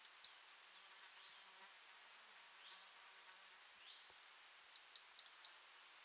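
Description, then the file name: European robin calls: two sharp ticks at the start, a thin high seep in the middle, then a quick run of several clicky ticks near the end. "Erithacus rubecula"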